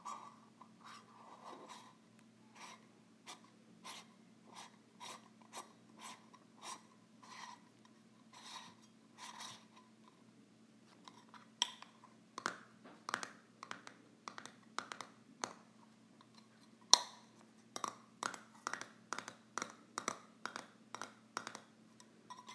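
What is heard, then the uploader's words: A tin container's lid produces sharp metallic clicks and taps, spaced at first, then quicker and denser after twelve seconds, over a low hum. ASMR Lid of a Tin Container.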